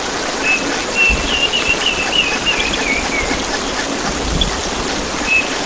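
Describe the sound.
Bird calls: thin high whistled notes, some flat and some gliding down, repeated throughout over a steady noisy background.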